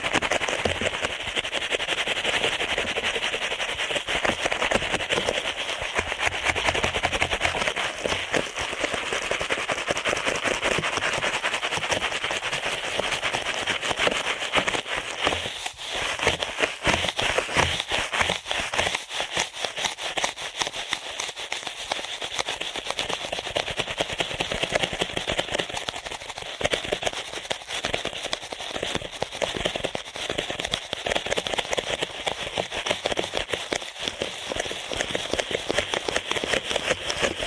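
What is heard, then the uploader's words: Rapid ear cleaning, a dense, unbroken stream of scratchy crackles and rustles running fast for the whole stretch. The sound stays bright and steady in level, with quick clicking bursts that rarely pause and slight thickening and thinning around the middle. ASMR Ear Cleaning at Helicopter Speed.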